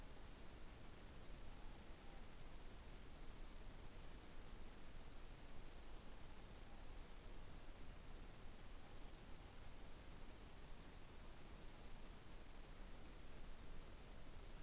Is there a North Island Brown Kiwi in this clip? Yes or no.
no